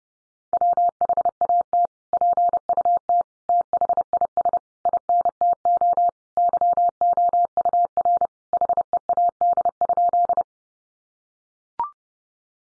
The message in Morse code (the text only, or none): WHAT PUT THIS INTO YOUR HEAD?